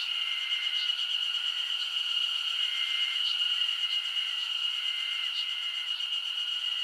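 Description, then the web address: Steady high insect drone fills the air, joined by recurring short, flat lower tones and faint clicks spread throughout. Japanese summer insect ambience. "Sound Effects-Foundation 1 AMBIENCE JAPANESE SUMMER INSECTS 01"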